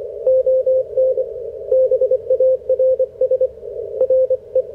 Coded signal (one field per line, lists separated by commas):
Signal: Morse code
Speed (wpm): 26 wpm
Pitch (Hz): 520 Hz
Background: radio noise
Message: ON BARS RE